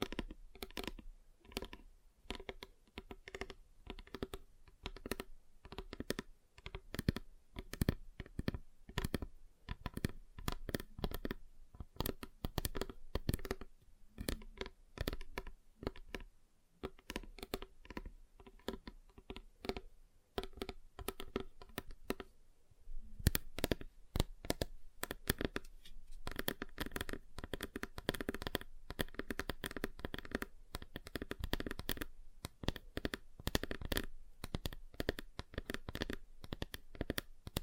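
Fingers tap on a table in quick, uneven bursts of sharp clicks and knocks, briefly pausing near the middle, then resuming densely.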